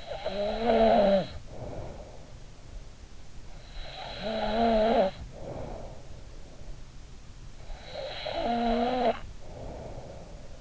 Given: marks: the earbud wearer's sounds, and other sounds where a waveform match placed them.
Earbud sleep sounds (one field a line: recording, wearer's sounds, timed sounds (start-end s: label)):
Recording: sounds in sleep by an in-ear microphone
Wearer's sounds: snoring breath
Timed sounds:
0.00-2.42 s: snoring breath
3.75-6.25 s: snoring breath
7.66-10.61 s: snoring breath